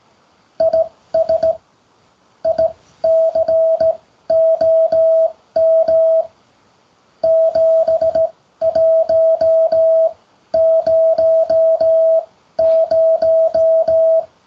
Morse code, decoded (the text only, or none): IS ICOM 7100